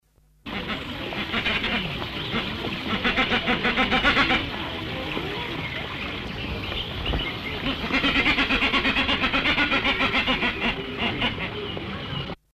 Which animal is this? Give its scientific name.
Sula variegata